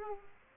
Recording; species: mosquito wingbeat signal from an infrared sensor; Aedes aegypti